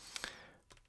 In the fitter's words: pushing it back in it's got a nice positive click and that restarts the second hand as you can see